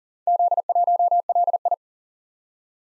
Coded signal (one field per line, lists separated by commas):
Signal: Morse code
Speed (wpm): 44 wpm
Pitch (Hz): 700 Hz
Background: none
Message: Z1LI